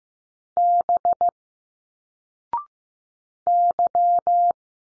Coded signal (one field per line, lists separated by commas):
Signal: Morse code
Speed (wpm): 15 wpm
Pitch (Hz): 700 Hz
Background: none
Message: B Y